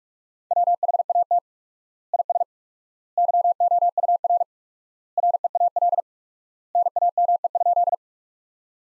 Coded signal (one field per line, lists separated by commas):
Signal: Morse code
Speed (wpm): 47 wpm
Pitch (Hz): 700 Hz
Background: none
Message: WHAT IS YOUR REAL NAME?